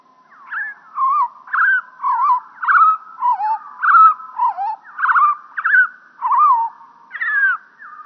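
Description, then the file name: European pied flycatcher song, pitched down, a steady series of many whistled notes with sharp flicks and slurs. Lowered in pitch. "GOBEMOUCHE NOIR"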